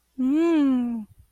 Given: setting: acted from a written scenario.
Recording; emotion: vocal sound without words; desire